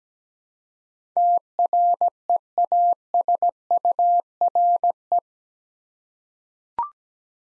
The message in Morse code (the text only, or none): TREASURE